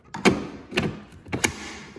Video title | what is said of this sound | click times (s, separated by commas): Makita Electric Mower Review | a nice little click, both of them. | 0.8 s, 1.4 s